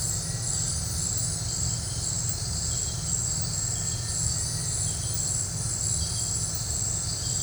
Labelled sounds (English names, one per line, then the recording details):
none
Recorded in dense forest near Puerto Asís, Putumayo, Colombia, on 20 December 2024 at 18:00
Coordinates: 0.468, -76.322
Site G071